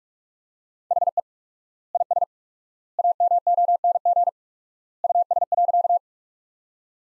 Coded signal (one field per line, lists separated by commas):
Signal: Morse code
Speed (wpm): 44 wpm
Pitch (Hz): 700 Hz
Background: none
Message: HE IS AMONG US.